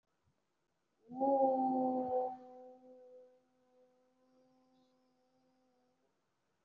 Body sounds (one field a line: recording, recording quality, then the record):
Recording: sustained vowel as in boot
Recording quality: excellent, no background noise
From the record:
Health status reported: respiratory illness, not identified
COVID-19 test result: not tested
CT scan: not taken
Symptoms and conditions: breathing difficulty, fatigue, asthma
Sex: female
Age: 39 years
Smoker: no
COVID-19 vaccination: none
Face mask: worn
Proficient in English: no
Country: India